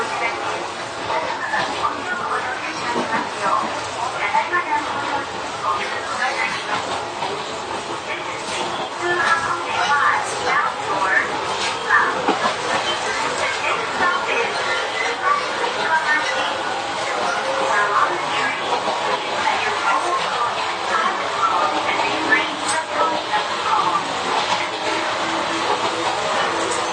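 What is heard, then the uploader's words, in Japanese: Inside an Izuhakone Railway 3000 series train running between Shuzenji and Mishima, a steady rumbling ride noise fills the whole clip with little change in level. Voices talk over it throughout, and brief clicks and clatters from the wheels and car come through irregularly. 伊豆箱根鉄道3000系(鋼製車) 修善寺〜三島。車体は20ｍ級3扉車。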